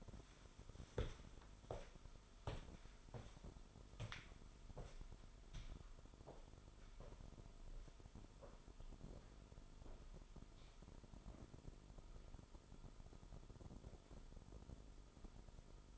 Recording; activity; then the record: daily activity, microphone in the room; walk to room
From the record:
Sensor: 5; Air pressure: 988.3 hPa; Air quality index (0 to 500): 196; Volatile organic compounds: 67 ppm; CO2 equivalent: 3488 ppm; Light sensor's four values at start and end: 48/139/55/61 and 47/143/56/60